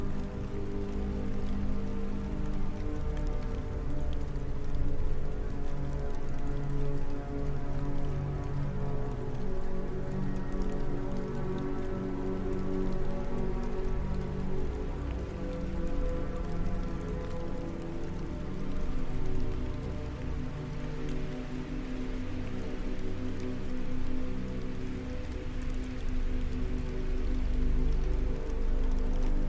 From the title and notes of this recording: This audio features ambient backing music and light rain.